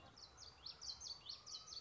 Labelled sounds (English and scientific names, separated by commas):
Common Yellowthroat (Geothlypis trichas)